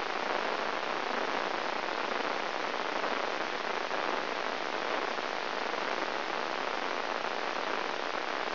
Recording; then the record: brain microelectrode recording played as sound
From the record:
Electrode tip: inside the subthalamic nucleus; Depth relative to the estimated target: -1.5 mm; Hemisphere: left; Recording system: AlphaMap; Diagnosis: Parkinson's disease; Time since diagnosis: 20 years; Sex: female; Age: 65 years